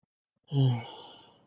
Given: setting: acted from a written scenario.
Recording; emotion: vocal sound without words; guilt